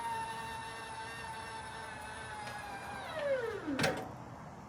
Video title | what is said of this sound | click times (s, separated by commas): AL100 DE Scooter Lift by Harmar | little click, you're good to go. | 3.8 s